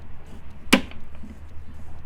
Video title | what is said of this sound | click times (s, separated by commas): Clorox 360 Unboxing | There you go, until you hear it click. | 0.7 s